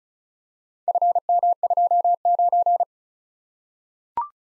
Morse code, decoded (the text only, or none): FM29